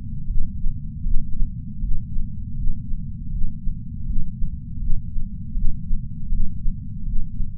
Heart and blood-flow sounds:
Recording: heart sounds by patch sensor on the chest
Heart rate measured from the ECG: 80 bpm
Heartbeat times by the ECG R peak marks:
0.27 s: heartbeat
1.03 s: heartbeat
1.80 s: heartbeat
2.55 s: heartbeat
3.30 s: heartbeat
4.05 s: heartbeat
4.79 s: heartbeat
5.54 s: heartbeat
6.29 s: heartbeat
7.04 s: heartbeat
From the record:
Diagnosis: coronary artery disease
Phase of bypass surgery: intraoperative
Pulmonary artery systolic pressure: 26 mmHg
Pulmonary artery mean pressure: 18 mmHg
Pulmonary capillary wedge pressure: 8 mmHg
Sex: female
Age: 52 years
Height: 163 cm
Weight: 80 kg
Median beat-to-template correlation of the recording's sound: 0.89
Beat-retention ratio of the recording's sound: 0.99

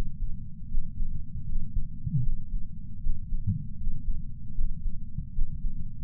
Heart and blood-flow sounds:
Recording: heart sounds by patch sensor on the chest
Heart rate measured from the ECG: 78 bpm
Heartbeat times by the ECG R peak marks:
0.69 s: heartbeat
1.46 s: heartbeat
2.23 s: heartbeat
3.01 s: heartbeat
3.77 s: heartbeat
4.55 s: heartbeat
5.33 s: heartbeat
From the record:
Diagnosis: coronary artery disease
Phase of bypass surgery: preoperative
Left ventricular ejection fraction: 66.3%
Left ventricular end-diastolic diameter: 44 mm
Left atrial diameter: 34 mm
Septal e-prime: 5.3 cm/s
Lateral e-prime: 9.3 cm/s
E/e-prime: 13.2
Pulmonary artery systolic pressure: 31 mmHg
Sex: male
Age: 76 years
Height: 164 cm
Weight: 75 kg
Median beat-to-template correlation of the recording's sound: 0.83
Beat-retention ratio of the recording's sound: 0.97

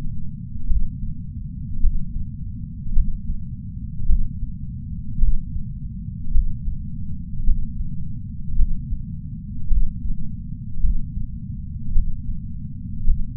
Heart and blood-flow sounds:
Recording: heart sounds by patch sensor on the chest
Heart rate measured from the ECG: 53 bpm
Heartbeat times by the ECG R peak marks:
0.65 s: heartbeat
1.78 s: heartbeat
2.91 s: heartbeat
4.05 s: heartbeat
5.17 s: heartbeat
6.29 s: heartbeat
7.42 s: heartbeat
8.54 s: heartbeat
9.67 s: heartbeat
10.79 s: heartbeat
11.91 s: heartbeat
13.03 s: heartbeat
From the record:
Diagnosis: coronary artery disease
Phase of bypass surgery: intraoperative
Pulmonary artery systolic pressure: 17 mmHg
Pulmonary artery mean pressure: 9 mmHg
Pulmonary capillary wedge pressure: 2 mmHg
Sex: male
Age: 71 years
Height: 162 cm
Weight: 75 kg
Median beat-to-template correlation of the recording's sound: 0.89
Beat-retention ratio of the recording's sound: 0.98

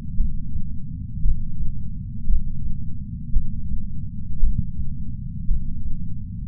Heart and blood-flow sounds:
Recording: heart sounds by patch sensor on the chest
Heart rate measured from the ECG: 57 bpm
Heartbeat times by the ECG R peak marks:
0.16 s: heartbeat
1.22 s: heartbeat
2.26 s: heartbeat
3.33 s: heartbeat
4.40 s: heartbeat
5.47 s: heartbeat
From the record:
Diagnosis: coronary artery disease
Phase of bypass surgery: intraoperative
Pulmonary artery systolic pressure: 30 mmHg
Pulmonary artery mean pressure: 21 mmHg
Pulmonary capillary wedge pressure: 19 mmHg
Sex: male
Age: 57 years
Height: 183 cm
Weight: 85 kg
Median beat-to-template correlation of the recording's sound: 0.88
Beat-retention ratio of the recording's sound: 1.00

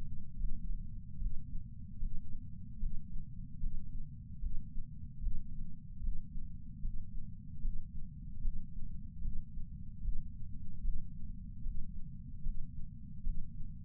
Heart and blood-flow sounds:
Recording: heart sounds by patch sensor on the chest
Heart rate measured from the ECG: 75 bpm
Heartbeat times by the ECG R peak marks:
0.36 s: heartbeat
1.17 s: heartbeat
1.98 s: heartbeat
2.78 s: heartbeat
3.59 s: heartbeat
4.39 s: heartbeat
5.19 s: heartbeat
6.00 s: heartbeat
6.80 s: heartbeat
7.60 s: heartbeat
8.40 s: heartbeat
9.20 s: heartbeat
10.00 s: heartbeat
10.81 s: heartbeat
11.61 s: heartbeat
12.42 s: heartbeat
13.22 s: heartbeat
From the record:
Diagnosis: coronary artery disease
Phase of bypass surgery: intraoperative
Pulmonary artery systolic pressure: 16 mmHg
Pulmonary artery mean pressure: 11 mmHg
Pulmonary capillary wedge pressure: 10 mmHg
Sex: female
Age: 58 years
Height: 155 cm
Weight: 55 kg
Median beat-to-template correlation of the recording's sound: 0.75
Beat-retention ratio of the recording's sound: 0.98

